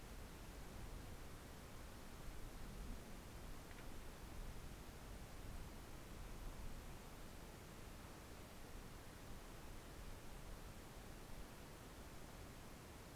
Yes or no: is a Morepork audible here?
no